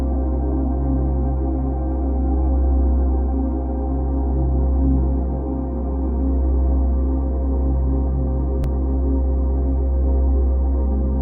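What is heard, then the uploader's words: A 528 Hz solfeggio frequency tone sits under a thick, steady drone. Deep low tones swell and ebb slowly, with several layered pitches above. Nothing sounds above the midrange, and a single brief click comes near the nine-second mark. Solfeggio Frequencies - 528 Hz.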